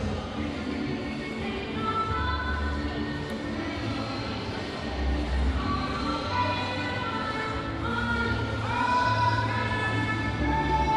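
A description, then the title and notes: An evening walk along Orange Avenue and Church Street in Orlando fills the air with a dense, steady murmur of many overlapping voices and low rumble from traffic. Louder voices and brief tonal calls rise out of the crowd, growing busier in the last few seconds. This binaural audio recording captures a Saturday-evening stroll down Orange Avenue and Church Street in Orlando, Florida during the pandemic.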